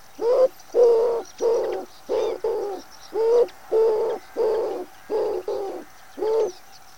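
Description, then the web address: Common wood pigeon cooing: a rhythmic series of low, hoarse coos, with faint high bird chirps behind. "cianscape. Deverinetal"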